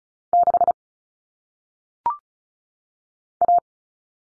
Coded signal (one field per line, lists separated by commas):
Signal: Morse code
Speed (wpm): 36 wpm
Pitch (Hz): 700 Hz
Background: none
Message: 6 A